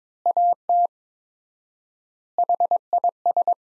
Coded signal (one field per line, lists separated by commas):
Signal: Morse code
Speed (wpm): 22 wpm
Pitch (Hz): 700 Hz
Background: none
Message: AT HIS